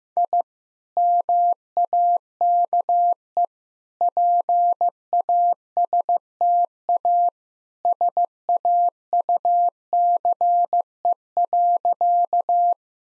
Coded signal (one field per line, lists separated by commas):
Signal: Morse code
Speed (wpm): 15 wpm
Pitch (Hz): 700 Hz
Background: none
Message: I MAKE PASTA SAUCE.